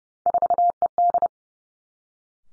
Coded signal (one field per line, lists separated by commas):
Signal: Morse code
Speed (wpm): 30 wpm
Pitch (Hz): 700 Hz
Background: none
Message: 4ED